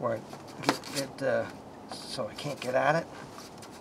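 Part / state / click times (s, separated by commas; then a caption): red connector position lock on the engine harness connector / not seated / none. Someone talks while handling the red connector position lock on the engine harness connector of a 2002 Chrysler Town and Country during a P0305 misfire repair. The lock tab has not clicked home yet, and nothing has seated.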